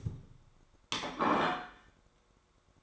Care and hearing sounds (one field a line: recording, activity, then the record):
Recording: daily activity, microphone in the room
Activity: place plate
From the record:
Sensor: 3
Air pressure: 1004.3 hPa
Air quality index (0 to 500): 196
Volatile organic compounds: 14 ppm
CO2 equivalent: 2454 ppm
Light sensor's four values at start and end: 4/10/4/3 and 4/10/3/3